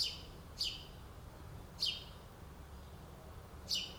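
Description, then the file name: House sparrow chirps, four short harsh notes spaced unevenly over a few seconds, against a low steady rumble. "Passer domesticus"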